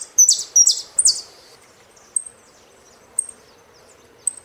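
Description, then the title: Saffron finch song: three loud harsh buzzy notes in quick succession, then isolated thin high chips about once a second. "Jilguero Argentino"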